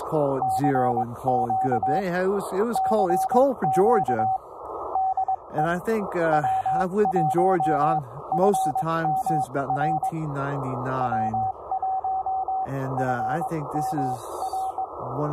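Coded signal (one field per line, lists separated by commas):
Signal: Morse code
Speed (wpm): 22 wpm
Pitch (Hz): 760 Hz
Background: speech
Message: CQ CQ DE W1FMR W1FMR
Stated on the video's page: Morse heard during an activation that did not go as planned.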